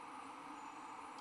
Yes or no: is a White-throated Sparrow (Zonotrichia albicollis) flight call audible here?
no